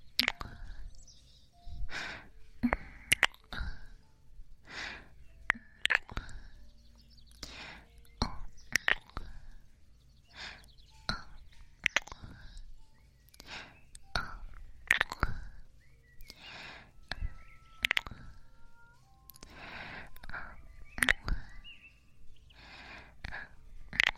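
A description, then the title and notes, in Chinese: Wet kissing smacks repeat every second or so, soft, with faint breathy mouth sounds between them. 纯享版亲吻声！左边一个kiss右边一个kiss。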